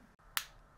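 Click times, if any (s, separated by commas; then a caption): 0.4 s. A second plastic volume spacer is clipped around the body of an X2 mountain bike rear shock, the same way as the first, so the two spacers clip into each other. A single sharp snap is heard at 0.4 s against near silence, and the spacer is seated.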